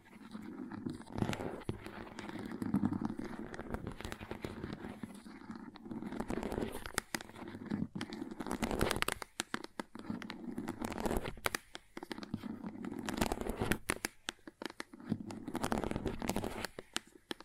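Crayons scrape and scratch across a surface in irregular strokes, with dense rough stretches broken by short pauses. Sharp taps and clicks cut in often, especially around the middle, and the scraping swells and fades as strokes change, with a soft low rumble underneath.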